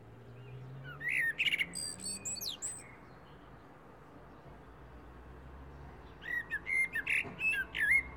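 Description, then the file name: Common blackbird with two short phrases, fluty notes topped by squeaky high flourishes, over a steady low rumble. "Turdus merula"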